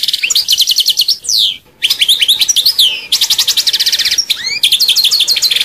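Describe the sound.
European goldfinch singing almost continuously, with rapid liquid twitters, short trills and buzzy notes in quick succession, broken by one brief pause.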